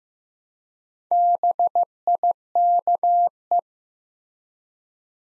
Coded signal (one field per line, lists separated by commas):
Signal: Morse code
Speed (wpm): 15 wpm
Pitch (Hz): 700 Hz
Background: none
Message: BIKE